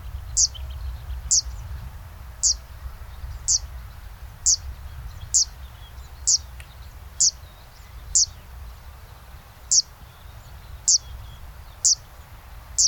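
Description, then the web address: Zitting cisticola giving sharp, high zit notes, one roughly every second in a steady series, over low rumbling background noise. "sound Zitting-cisticola. صدای پرنده سبدنشین چکاچک"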